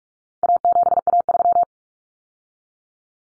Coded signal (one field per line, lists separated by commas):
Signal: Morse code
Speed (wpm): 44 wpm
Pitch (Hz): 700 Hz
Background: none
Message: A7A3